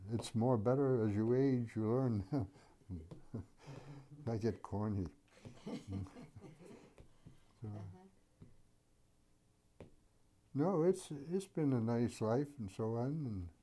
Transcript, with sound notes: it's more better as you age, you learn. [Laughs] I get corny. [Chuckles]
Uh-huh.
No, it's been a nice life and so on.